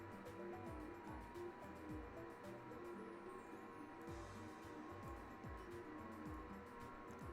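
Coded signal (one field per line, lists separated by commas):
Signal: FT8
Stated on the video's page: FT8 signal using an Alpha Antenna FMJ attached to an iron fence as the antenna.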